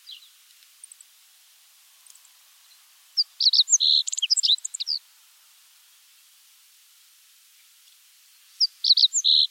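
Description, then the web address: Meadow bunting song: faint notes at first, then a quick, varied burst of high chirps and a buzzy trill, repeated again near the end after a long silence. "meadow bunting bird call"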